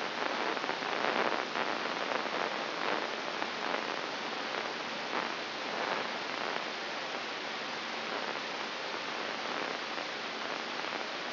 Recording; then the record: brain microelectrode recording played as sound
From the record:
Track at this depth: inside the subthalamic nucleus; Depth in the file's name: 3.144 mm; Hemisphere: right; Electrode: 3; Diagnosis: Parkinson's disease